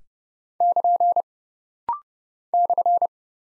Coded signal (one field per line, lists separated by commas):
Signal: Morse code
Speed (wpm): 29 wpm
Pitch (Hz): 700 Hz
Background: none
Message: <KN> /